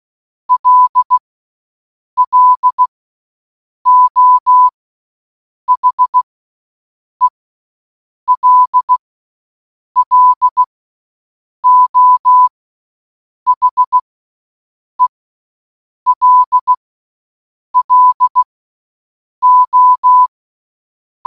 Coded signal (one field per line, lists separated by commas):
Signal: Morse code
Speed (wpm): 16 wpm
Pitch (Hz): 1000 Hz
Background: none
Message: L L O H E L L O H E L L O